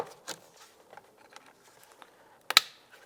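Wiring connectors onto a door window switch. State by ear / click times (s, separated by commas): seated / 2.5 s, 2.6 s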